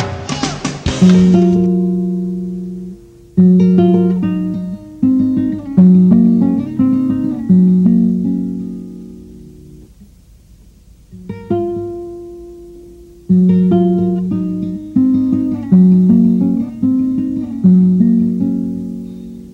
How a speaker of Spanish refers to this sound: los dejo para que escuchemos una de sus preciosas canciones.